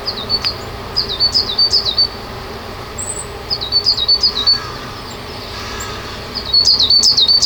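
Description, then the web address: Bird chirping: short runs of quick, high, thin tweets separated by pauses, over steady background noise. "atelier sound 111023 bird"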